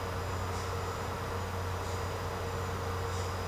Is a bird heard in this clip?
no